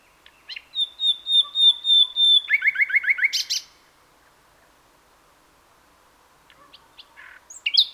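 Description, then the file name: Common nightingale song: a series of pure whistled notes that swell in volume, then a quick rattle of down-slurred notes, a pause, and soft chatter resuming. "Luscinia megarhynchos"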